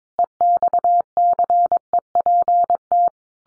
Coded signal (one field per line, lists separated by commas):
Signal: Morse code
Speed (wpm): 22 wpm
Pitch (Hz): 700 Hz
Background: none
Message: EXCEPT